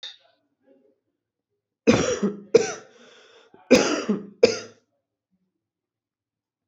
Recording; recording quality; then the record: heavy voluntary cough; excellent, no background noise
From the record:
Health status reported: COVID-19 positive, mild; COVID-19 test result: positive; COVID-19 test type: RT-PCR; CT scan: not taken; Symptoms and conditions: cold, sore throat, fever, fatigue, muscle pain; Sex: male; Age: 26 years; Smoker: no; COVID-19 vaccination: both doses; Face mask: not worn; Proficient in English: yes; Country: India